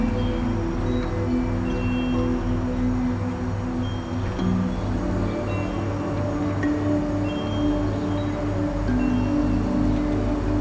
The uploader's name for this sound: Windy Windchimes in the City